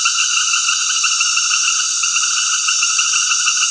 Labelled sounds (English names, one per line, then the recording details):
none
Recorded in dense forest near Puerto Asís, Putumayo, Colombia, on 20 February 2024 at 19:00
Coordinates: 0.496, -76.326
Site G6383